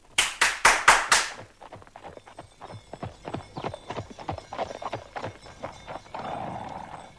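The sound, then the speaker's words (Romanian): A horse's hooves clip-clop at a steady trot as it pulls a new golden carriage, opening with five loud, sharp strikes before settling into a quicker, softer rhythm of hoofbeats. “Atunci iată, primește această trăsurică nouă cu totul și cu totul din aur.”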